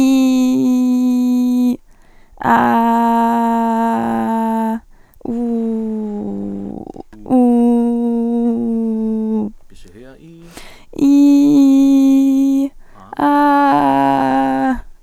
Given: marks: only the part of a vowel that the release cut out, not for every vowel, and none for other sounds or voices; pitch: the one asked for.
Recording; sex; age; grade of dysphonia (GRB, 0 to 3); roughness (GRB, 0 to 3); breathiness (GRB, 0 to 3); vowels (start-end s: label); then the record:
sustained vowels; female; 18 to 19 years; 0; 0; 0
0.00-1.19 s: vowel /i/, normal pitch
2.71-4.64 s: vowel /a/, normal pitch
7.54-9.29 s: vowel /u/, normal pitch
11.14-12.54 s: vowel /i/, high pitch
13.32-14.64 s: vowel /a/, high pitch
From the record:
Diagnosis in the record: healthy voice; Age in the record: 19 years